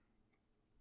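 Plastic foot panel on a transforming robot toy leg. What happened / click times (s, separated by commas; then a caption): Small plastic part is being handled but has not clicked into place yet / none. Someone handles the plastic foot panel on a transforming robot toy's leg, folding it up toward its clipped position, with faint low handling noise and a slight rise near the end. The foot has not clipped into place yet; nothing has seated or clicked.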